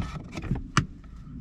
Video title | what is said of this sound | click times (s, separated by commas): WYMIANA STACYJKI, KOSTKI, WKŁADKI VW AUDI SEAT SKODA. | No i znowu zaskoczyło. | 0.8 s